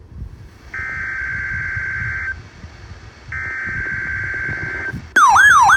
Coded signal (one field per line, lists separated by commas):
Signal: Emergency Alert System (SAME) tones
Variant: header bursts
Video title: Required Weekly Tests (7/3/19) (EAS 1527-1529)